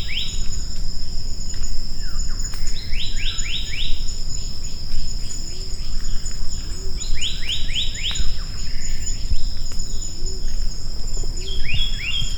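Maratua monarch calling in short runs of rising, upslurred whistled notes, over steady high insect whine and a low rumbling background.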